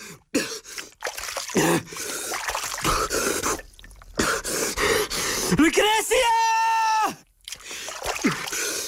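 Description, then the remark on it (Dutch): An actor shouts a name, followed by sputtering, gurgling sounds as he holds his head under water in a plastic tub of water, with drips and a strained, bubbling vocal tone. “Dus die acteur die zit nu in die plastic bak met water. Ja, hij zit zijn hoofd onder water in een bak.”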